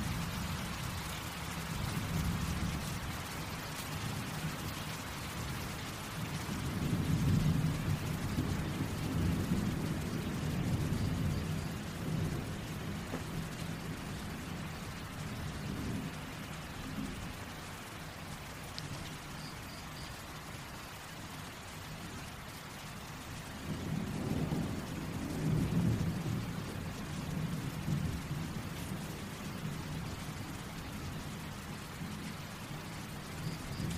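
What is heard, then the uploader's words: Steady pattering rain fills the air while low, distant thunder rumbles swell around seven to twelve seconds and again near twenty-five. Calming Rain and Thunder Sounds. The gentle pitter-patter of raindrops and the distant rumble of thunder. Feel the rhythm of the rain as it taps against the windowpane or dances on the leaves outside.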